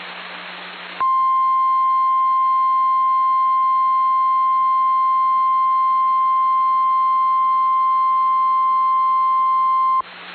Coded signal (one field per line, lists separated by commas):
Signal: Emergency Alert System (SAME) tones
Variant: 1050 Hz attention tone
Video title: SVR GALORE XIV: EXTREME NORTHERN PLAINS ACTION... EAS Alerts from 6/15-16/24 (EAS #4,331 - 4,369)